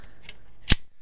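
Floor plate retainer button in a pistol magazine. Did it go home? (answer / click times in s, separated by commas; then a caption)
released / 0.7 s. A punch tool presses the spring-loaded retainer button down through the polymer floor plate of an empty Glock 17, 17-round standard capacity pistol magazine. A faint tick is heard at 0.3 s, then a sharp, bright click at 0.7 s as the button is pushed until it clicks, and a soft tick at 1.1 s. The button is released, unlatching the insert so the floor plate can be slid off.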